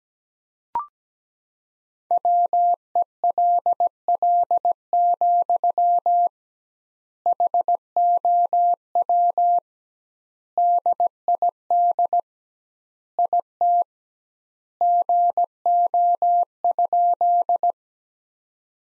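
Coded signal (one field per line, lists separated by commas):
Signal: Morse code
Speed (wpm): 17 wpm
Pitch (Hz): 700 Hz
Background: none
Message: WELL, HOW DID IT GO?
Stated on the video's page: Morse practice sentences from the top 200 words at 17 wpm with twice standard word spacing, a Farnsworth-like method.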